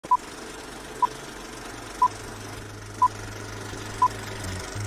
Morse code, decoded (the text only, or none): none